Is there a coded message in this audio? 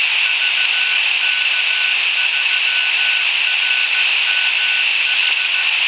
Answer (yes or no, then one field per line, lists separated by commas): yes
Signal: Morse code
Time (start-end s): 0.3-5.6 s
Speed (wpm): 15 wpm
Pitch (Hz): 1500 Hz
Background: radio noise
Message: VK3RMH